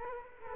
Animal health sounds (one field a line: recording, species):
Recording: mosquito wingbeat signal from an infrared sensor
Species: Culex quinquefasciatus